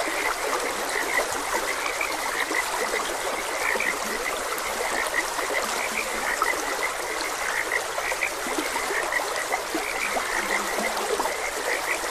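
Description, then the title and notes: Frogs give steady overlapping croaks and a few lower drawn-out notes near the end, with high peeps above and a stream rushing throughout. Frogs croaking beside a gentle stream. "Gentle Stream and Frogs Croaking. Sleep and Relaxation Podcast"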